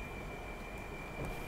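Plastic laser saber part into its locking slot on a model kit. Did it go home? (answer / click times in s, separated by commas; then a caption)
no / none. A plastic laser saber part is handled near its locking slot on a plastic model kit during assembly, with a steady background hum and a faint high tone throughout. Nothing has seated or clicked yet.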